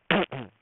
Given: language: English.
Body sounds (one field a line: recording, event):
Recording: throat vibration sensor signal played as sound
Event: throat clearing